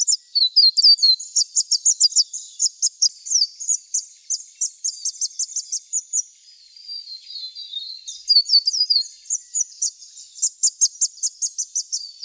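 Scarlet honeyeater song: rapid, high, tinkling notes in fast bursts with short sliding phrases, giving way to a stretch of slurred sliding phrases after the middle before the rapid notes resume.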